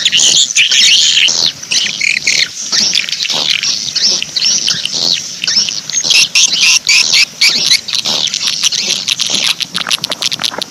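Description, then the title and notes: Swiftlet twittering: dense, high, chattering calls with rapid clicks, overlapping continuously throughout. Swiftlet farming lure sound, Asia. "Swiflet Bird Sound. Farming Swiflet Bird asia sound"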